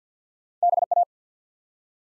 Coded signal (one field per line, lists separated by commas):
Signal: Morse code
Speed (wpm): 50 wpm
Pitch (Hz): 700 Hz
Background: none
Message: BA